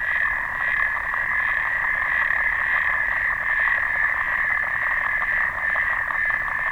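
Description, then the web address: Clawed frog giving quick ticking clicks, continuous and even, with a brief dip in loudness near the end. "sounds xenopus"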